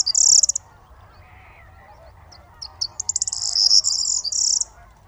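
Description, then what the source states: Corn bunting song: a short jangling burst, a pause, then stuttering ticks that speed up into a dry, glassy jingle; faint other bird calls underneath. Several birds waking at dawn, under half an hour after daybreak, 23 March 2019, La Gacholle, Camargue salt marsh; roosted in reeds by canal; busy activity; parabolic dish, MKH8020, MixPre-3.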